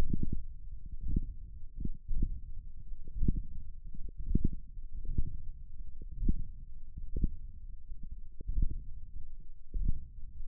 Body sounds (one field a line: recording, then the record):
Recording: forearm muscle sounds (acoustic myography)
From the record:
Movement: index flexion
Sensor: system 1, eight BSWA MPA416 microphones around the upper forearm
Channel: 8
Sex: male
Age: 23 years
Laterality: right